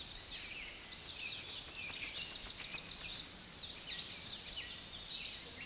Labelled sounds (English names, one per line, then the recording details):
Tennessee Warbler song
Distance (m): 15 m
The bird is about 10 m above the microphone
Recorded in a Pennsylvania forest on 16 May 2024 at 06:34
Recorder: AudioMoth, point MSD-0407
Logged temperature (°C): 15.8 °C
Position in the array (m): 67 m, 172 m